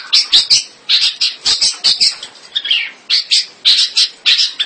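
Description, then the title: Long-tailed shrike giving loud harsh rasping notes, repeated rapidly in short clusters. "Kicau Burung Pentet"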